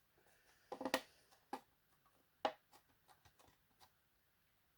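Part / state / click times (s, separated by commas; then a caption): plastic model hull section onto the mating section's tabs / seated / 0.9 s, 2.4 s. A plastic model hull section is pressed onto the tabs of its mating section, giving a cluster of small plastic ticks. It snaps into place at 0.9 s and again at 2.5 s, followed by a few faint taps, and the part is seated.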